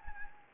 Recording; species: mosquito wingbeat signal from an infrared sensor; Anopheles gambiae